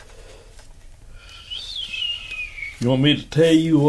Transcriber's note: whistling sounds